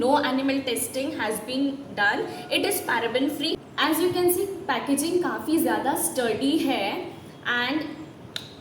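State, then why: Released. A cap on a foundation bottle is opened to show how sturdy the packaging is. Someone talks throughout, and a sharp click is heard at 8.4 s as the cap comes open.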